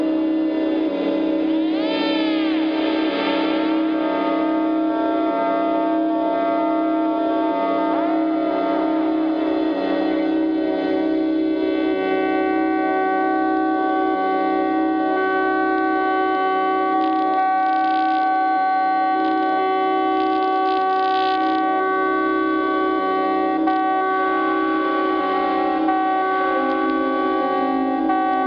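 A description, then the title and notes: An analog noise scape of steady layered tones, drones and warbling sweeps, early around two and eight seconds, with echoing effects throughout. Analog noise scape.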